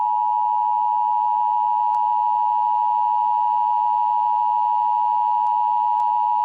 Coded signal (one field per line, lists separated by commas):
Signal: Emergency Alert System (SAME) tones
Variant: 853 and 960 Hz attention tone